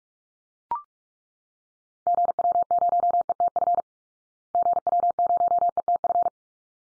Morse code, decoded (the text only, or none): GW0ETF GW0ETF